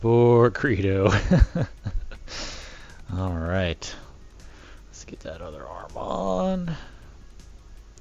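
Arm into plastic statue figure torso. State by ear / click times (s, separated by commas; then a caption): not seated / none. Someone talks while fitting the second arm onto the torso of a 1/10 scale plastic statue figure, with quiet handling sounds in the background. Nothing has seated or clicked into place yet.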